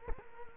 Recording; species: mosquito wingbeat signal from an infrared sensor; Culex quinquefasciatus